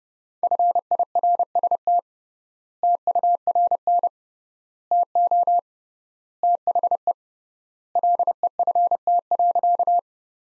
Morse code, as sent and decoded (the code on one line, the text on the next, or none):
..-. .. .-. ... - / - ..- .-. -. / - --- / - .... . / .-.. . ..-. - .-.-.-
FIRST TURN TO THE LEFT.